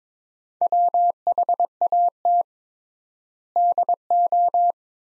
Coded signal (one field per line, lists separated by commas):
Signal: Morse code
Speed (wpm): 22 wpm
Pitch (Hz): 700 Hz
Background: none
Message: WHAT DO